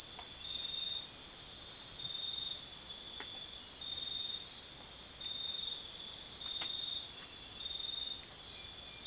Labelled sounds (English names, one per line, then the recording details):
none
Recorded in secondary vegetation near Puerto Asís, Putumayo, Colombia, on 22 June 2025 at 03:00
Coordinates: 0.499, -76.323
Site G077